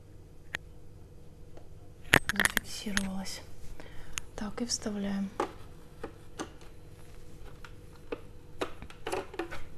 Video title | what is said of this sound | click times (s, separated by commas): Я устроила потоп - Собираю - Новая посылка | что-то не зафиксировалась поднадавим | none